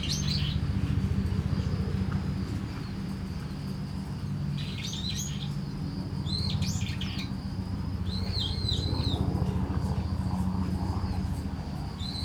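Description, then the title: Starling song: clusters of buzzy, jangling whistled notes, over a strong low engine drone and a high continuous insect tone. Singing in a tree in Kiyosumi garden, Tokyo, Japan, with crickets and cars; recorded binaurally with DPA 4060 microphones in a bag on a Deity PR-2. "Kiyosumi garden, Tokyo, Japon - Starling in a tree"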